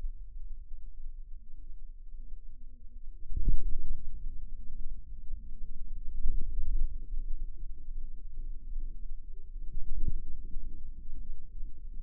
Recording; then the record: forearm muscle sounds (acoustic myography)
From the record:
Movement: radial deviation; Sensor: system 2, bracelet of six BSWA MPA416 microphones around the upper forearm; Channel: 5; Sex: female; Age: 23 years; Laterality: right